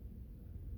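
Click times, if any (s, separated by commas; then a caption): none. An IV catheter hub is handled against an adhesive plastic stat lock securement device, with only a steady low rumble and no distinct sounds. Nothing has seated or clicked yet; the clip ends before the retainer snaps shut.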